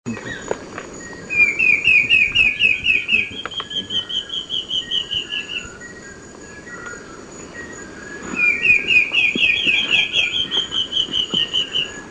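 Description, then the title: Black-faced antbird calling, two runs of quick clipped notes that rise a little then hold steady before fading, over a constant thin high insect whine. Subspecies elegans. "LuckyPassaro Completos2Sama. Black-faced Antbird (Myrmoborus myotherinus elegans)"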